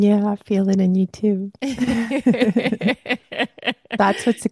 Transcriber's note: laughs